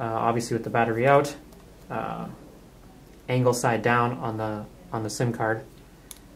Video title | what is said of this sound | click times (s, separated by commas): How To Remove Your SIM Card and MicroSD Card From Your Samsung Galaxy S3 | you can feel that little click again once you hear that little click you're good to go it's in there | 6.1 s